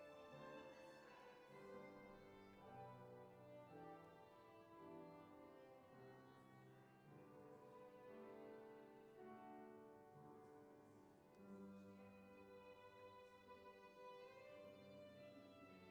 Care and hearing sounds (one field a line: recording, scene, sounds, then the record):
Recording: everyday scene through a hearing-aid microphone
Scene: reverberant space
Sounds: music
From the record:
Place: church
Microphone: behind the ear, left, front